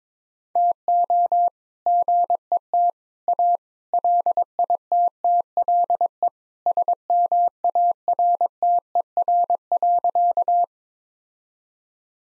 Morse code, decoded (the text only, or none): TO GET A LITTLE SMARTER.